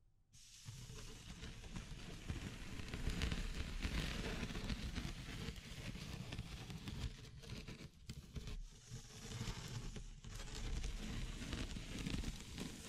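Wood, bamboo and straw are handled in a dense, continuous crackling and rustling that starts abruptly in the first half-second and runs to the end. The scratchy texture stays fairly steady, with brief lulls around eight and ten seconds before it picks up again.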